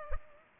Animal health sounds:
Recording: mosquito wingbeat signal from an infrared sensor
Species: Culex pipiens

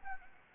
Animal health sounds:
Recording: mosquito wingbeat signal from an infrared sensor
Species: Anopheles arabiensis

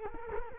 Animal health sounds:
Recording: mosquito wingbeat signal from an infrared sensor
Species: Culex quinquefasciatus

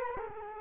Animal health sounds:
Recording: mosquito wingbeat signal from an infrared sensor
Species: Culex quinquefasciatus

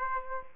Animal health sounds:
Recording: mosquito wingbeat signal from an infrared sensor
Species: Aedes aegypti

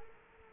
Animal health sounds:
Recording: mosquito wingbeat signal from an infrared sensor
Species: Culex quinquefasciatus

